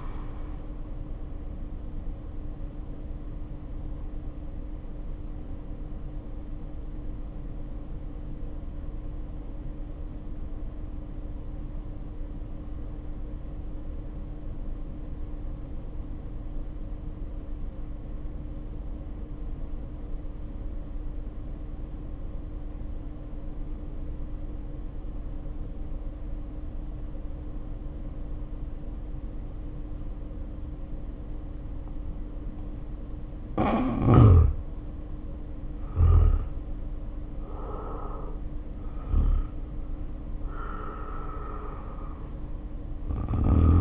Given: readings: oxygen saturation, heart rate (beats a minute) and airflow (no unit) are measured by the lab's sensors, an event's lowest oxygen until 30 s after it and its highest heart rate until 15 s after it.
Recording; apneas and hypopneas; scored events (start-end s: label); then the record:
breathing in sleep by a smartphone at the bedside; 1
4.00-34.70 s: hypopnea (N1, oxygen 95% highest, then 76% lowest, heart rate 47 at the start, 70 highest)
21.00-43.81 s: new sleep stage, N2 (light sleep)
From the record:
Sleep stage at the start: N1 (lightest sleep); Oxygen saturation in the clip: 75 to 95%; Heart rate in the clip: 47 to 70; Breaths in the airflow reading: 11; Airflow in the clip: -1.6 to 2.3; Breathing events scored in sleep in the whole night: 520 in 7.2 hours asleep